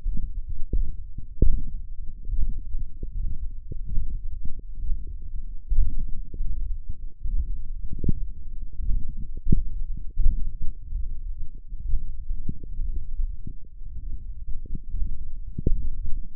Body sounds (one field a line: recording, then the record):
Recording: forearm muscle sounds (acoustic myography)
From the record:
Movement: hand closing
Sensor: system 1, eight BSWA MPA416 microphones around the upper forearm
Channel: 8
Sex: male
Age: 23 years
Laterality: right